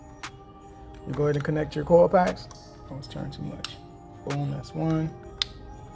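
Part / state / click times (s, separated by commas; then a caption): wiring harness connector onto ignition coil pack / seated / 5.4 s. Someone talks while a wiring harness connector is pushed onto an ignition coil pack on a 2019–2023 Kawasaki ZX6R motorcycle during a spark plug replacement. A single sharp click is heard at 5.4 s as the connector locks in, fully seated; this is the second connector done, and the click matters because without it the connector is not all the way in.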